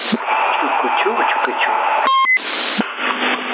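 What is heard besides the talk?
CB radio roger beep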